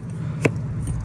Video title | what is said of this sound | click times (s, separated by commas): NEW 2023 GRAND DESIGN TRANSCEND 221RB TRAVEL TRAILER Dodd RV Show Walkthrough Solar Couples Camper | locks into place and then you place your flagpole | 0.4 s